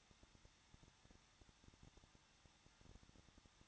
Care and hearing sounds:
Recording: daily activity, microphone in the room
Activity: no activity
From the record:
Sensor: 3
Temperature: 21.2 degrees Celsius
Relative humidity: 36.3%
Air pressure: 1006.3 hPa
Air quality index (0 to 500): 222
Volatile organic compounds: 42 ppm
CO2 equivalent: 3178 ppm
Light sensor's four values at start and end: 2/3/2/2 and 2/3/2/2

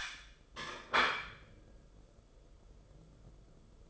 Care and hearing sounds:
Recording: daily activity, microphone in the room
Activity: place plate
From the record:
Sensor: 5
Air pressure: 994.5 hPa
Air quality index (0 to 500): 169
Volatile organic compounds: 553 ppm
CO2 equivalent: 4886 ppm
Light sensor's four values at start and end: 9/22/9/10 and 9/23/9/10

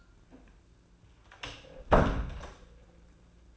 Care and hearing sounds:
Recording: daily activity, microphone in the room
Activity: close door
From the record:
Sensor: 2

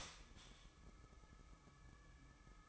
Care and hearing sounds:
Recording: daily activity, microphone in the room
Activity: start toaster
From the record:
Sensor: 1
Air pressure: 1007.2 hPa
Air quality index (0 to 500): 76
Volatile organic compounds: 1 ppm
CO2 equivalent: 665 ppm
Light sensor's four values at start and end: 7/17/7/7 and 7/17/7/7

